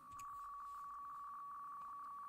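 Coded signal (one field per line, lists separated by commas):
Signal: PSK63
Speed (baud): 62.5 baud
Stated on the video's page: RSGB 3.5 MHz Club Championship data contest operating, streamed live.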